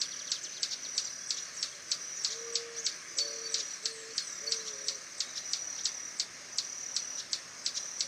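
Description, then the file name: Swallow-tailed hummingbird giving sharp high chips repeated about three times a second over a steady high hiss, with a few low hooting notes in the middle. "Canto do beija flor tesoura"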